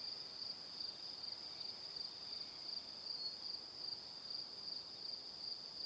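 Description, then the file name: Crickets chirping: regular high pulses a few per second over an unbroken shrill background chorus. Evening. "Calm - Evening Crickets"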